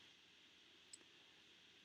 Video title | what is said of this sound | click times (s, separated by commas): Practical Guide to Developing Color Negative Film (C-41) It's Pretty EASY When You Know How! | and until it clicks, and then it'll come apart easily. | 0.9 s